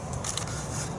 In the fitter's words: it on listen for the click and